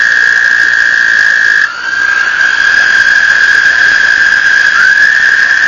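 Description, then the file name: Toad trilling, a sustained high-pitched tone that breaks off briefly early on and then resumes. Recorded 1 May 2007. "batesline toads"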